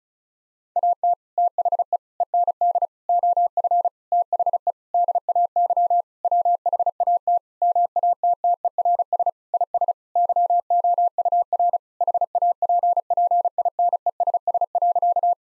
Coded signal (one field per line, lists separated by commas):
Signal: Morse code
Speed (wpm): 34 wpm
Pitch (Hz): 700 Hz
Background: none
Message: AT THE END OF THE DAY WHAT MATTERS IS YOUR HAPPINESS.